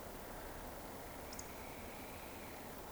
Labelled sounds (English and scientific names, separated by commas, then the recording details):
Eurasian Woodcock (Scolopax rusticola)
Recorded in Baden-Württemberg, Germany, on 16 June 2020 at 20:40 UTC
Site 14569, 102 m above sea level